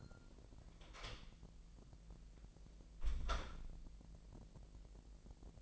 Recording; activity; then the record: daily activity, microphone in the room; close door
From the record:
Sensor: 5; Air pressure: 1001.5 hPa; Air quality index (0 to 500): 250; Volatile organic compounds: 33 ppm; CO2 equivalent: 3030 ppm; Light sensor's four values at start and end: 40/93/38/37 and 40/92/37/37